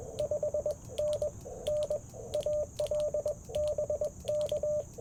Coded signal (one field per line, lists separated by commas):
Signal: Morse code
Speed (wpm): 21 wpm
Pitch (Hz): 600 Hz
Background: radio noise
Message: 5NN AL BK